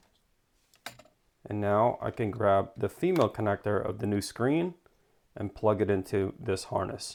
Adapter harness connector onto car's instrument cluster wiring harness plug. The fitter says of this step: Okay, I'm just gonna slip it right on and it should click right into place.